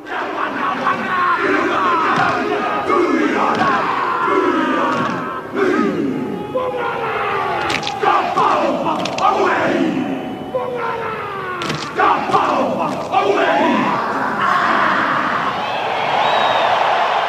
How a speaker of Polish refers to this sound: Hakę Peru Peru wykonują też inne drużyny basenu Oceanu Spokojnego, takie jak Fidżi czy Samoa. Stroją groźne miny, wykrzykują, wystawiają języki i to bardzo długie te języki się okazują u maorysów. Uderzają się w uda, klatkę piersiową i groźnie tupią.